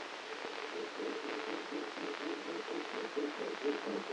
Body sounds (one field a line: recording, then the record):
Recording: brain microelectrode recording played as sound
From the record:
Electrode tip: inside the subthalamic nucleus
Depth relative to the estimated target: 2 mm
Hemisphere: left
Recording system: NeuroSet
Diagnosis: Parkinson's disease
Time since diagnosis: 9 years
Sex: male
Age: 56 years